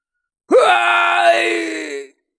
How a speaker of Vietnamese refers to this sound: Hai bên vừa va chạm vào nhau thì Phong Chiêu liền hét thảm.